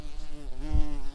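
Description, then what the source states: Tree bumblebee buzzing, a steady low drone with many stacked harmonics, pitch wavering slightly, with a short louder thud about two-thirds of the way through. Queens.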